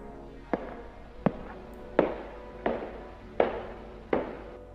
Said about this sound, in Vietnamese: Vừa bước đi lên, ông vừa nghe từ bên trên có tiếng bước chân của ai đó cồm cộp, đều đặn. Tiếng bước chân nện xuống nền nhà, nghe rõ ràng lắm.